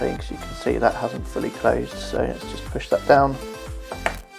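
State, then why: Seated. Someone talks over background music while pushing down the unlatched second end of a RAM stick in a motherboard DIMM slot. A sharp click at 4.1 s marks the plastic retention clip closing, and the stick is seated.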